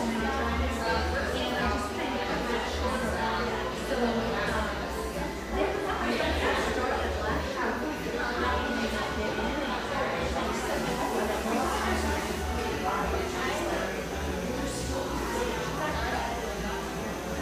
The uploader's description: the gentle hum of a wonderful neighborhood espresso shop, tucked away in a corner of the iconic coffee town of Portland, Oregon